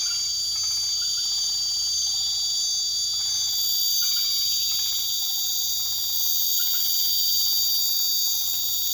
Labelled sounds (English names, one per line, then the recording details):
none
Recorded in pastures near Puerto Asís, Putumayo, Colombia, on 24 March 2025 at 21:30
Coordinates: 0.487, -76.322
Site G077